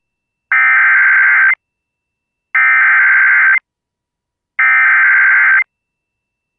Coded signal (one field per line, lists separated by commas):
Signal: Emergency Alert System (SAME) tones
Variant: header bursts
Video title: EAS Severe Thunderstorm Warning Marquette, Michigan NOAA Weather Radio (WGLQ-FM) +WeatherSTAR4000